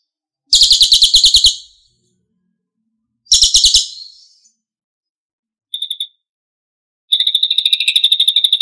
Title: Masteran Burung Cililin Gacor Untuk Masteran Murai Suara Tembakan Cililin